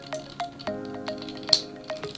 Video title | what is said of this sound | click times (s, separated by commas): Nicks Collectables! - Masterpiece 47 Hound | and just pops right in place like that. | 1.5 s